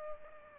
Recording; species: mosquito wingbeat signal from an infrared sensor; Culex pipiens